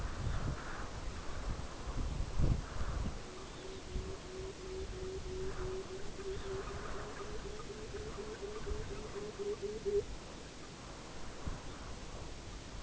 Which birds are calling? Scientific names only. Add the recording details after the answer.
Phalaropus fulicarius, Calidris melanotos, Larus argentatus. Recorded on Arctic tundra, site UTQI-5, on 14 June 2019. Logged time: 04:00